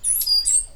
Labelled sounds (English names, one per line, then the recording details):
Stitchbird song
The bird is a male
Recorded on Tiritiri Matangi Island, New Zealand, in 2005
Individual 8, of nest box 10